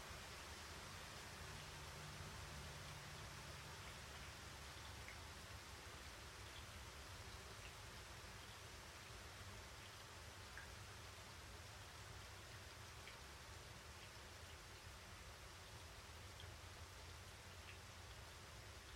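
A rainstorm in the mountains, heard from a window: steady, dense rain hiss runs the whole time with no change in loudness. Scattered light drips tick on top, and a low, even hum sits underneath for the first several seconds before fading back.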